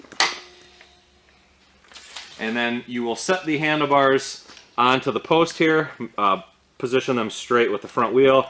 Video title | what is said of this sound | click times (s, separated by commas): UberScoot 2x 2 Speed Scooter Assembly | and you'll notice those will lock into place | 0.2 s